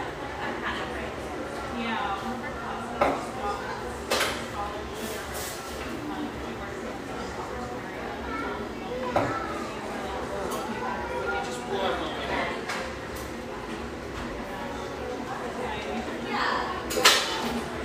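A café hums with steady overlapping chatter, low murmur underneath, and sharp clinks and knocks of dishes every few seconds, loudest near seventeen seconds.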